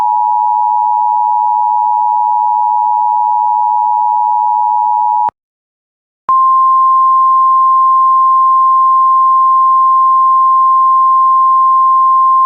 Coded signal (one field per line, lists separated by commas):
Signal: Emergency Alert System (SAME) tones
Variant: 853 and 960 Hz attention tone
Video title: The Weather Machine | EAS Mock #23